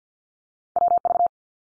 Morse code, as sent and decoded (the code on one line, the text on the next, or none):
.-- ...-
WV